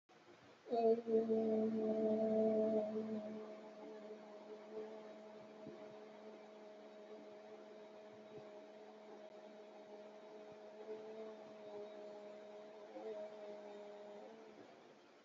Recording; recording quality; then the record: sustained vowel as in boot; excellent, no background noise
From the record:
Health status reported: healthy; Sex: female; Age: 47 years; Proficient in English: yes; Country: India